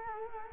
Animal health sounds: mosquito wingbeat signal from an infrared sensor; Culex quinquefasciatus

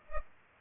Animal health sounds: mosquito wingbeat signal from an infrared sensor; Culex pipiens

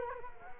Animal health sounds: mosquito wingbeat signal from an infrared sensor; Culex quinquefasciatus

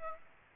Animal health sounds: mosquito wingbeat signal from an infrared sensor; Aedes aegypti

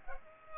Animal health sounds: mosquito wingbeat signal from an infrared sensor; Culex pipiens

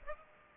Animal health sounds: mosquito wingbeat signal from an infrared sensor; Aedes aegypti

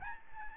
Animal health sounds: mosquito wingbeat signal from an infrared sensor; Aedes albopictus

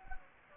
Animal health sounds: mosquito wingbeat signal from an infrared sensor; Anopheles gambiae

